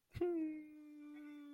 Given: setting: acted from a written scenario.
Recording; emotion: vocal sound without words; sadness